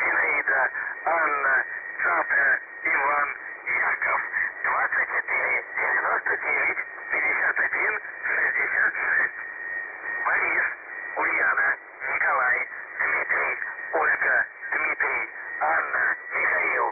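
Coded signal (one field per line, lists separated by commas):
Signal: coded military voice message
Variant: UVB-76, Russian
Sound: continuous voice reading words over a narrow, muffled radio channel, faint steady tone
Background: radio static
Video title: The Buzzer/UVB-76 Voice Message (December 2, 2020 10:43 UTC)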